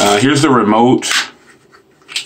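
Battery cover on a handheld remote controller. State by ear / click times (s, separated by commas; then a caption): released / 2.2 s. Someone talks, then the plastic battery cover is popped off the handheld remote controller of a 2017 Samsung Gear VR to reach the battery compartment. A single sharp pop is heard at 2.2 s as the cover comes free.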